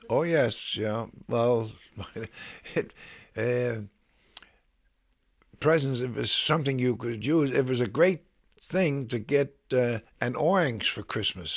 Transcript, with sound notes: Oh, yes. Yeah. Well, (he laughs) presents, something you could use. It was a great thing to get an orange for Christmas.